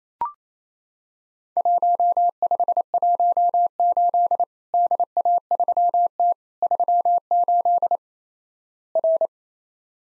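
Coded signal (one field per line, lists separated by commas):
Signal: Morse code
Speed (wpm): 27 wpm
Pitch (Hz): 700 Hz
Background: none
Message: 1518 DA3T 38 R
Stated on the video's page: Practice drill of Worked All Europe DX Contest QTC exchanges in Morse code at 28 wpm, each sent twice.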